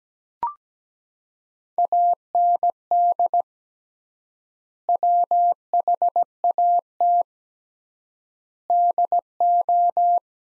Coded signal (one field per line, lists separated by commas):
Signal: Morse code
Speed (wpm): 17 wpm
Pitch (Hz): 700 Hz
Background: none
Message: AND WHAT DO